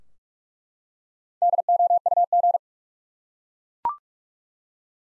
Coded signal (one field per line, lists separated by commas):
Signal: Morse code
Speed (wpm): 42 wpm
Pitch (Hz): 700 Hz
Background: none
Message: DOUG